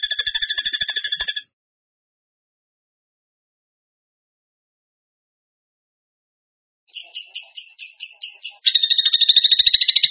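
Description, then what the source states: Bird song: a short rapid trill of high notes, a long silence, then a run of chattering notes that breaks into a dense buzzy trill. Bird song in the tembakan gacor style, used as masteran (training for other birds).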